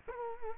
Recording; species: mosquito wingbeat signal from an infrared sensor; Culex quinquefasciatus